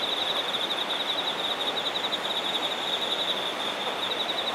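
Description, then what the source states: Insect song: an unbroken, rapidly pulsing high-pitched trill over a constant hiss, with a faint thinner buzz higher still. Singing insects in Shinagawa, Japan.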